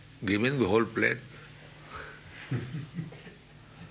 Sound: laughs

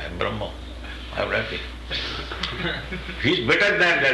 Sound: laughter

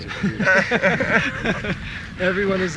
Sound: laughter

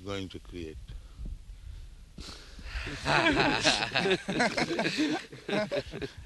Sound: laughter

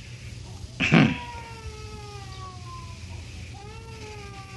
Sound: chuckles; baby crying in background

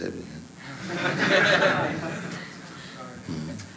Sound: laughter

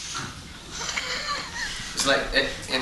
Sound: chuckles

